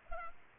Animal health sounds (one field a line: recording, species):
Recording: mosquito wingbeat signal from an infrared sensor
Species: Culex pipiens